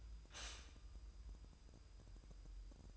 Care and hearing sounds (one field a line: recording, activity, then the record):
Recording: daily activity, microphone in the room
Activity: stop toaster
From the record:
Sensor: 2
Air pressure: 988.4 hPa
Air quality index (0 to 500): 190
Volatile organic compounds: 179 ppm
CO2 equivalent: 4138 ppm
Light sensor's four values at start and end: 20/69/27/25 and 20/69/27/25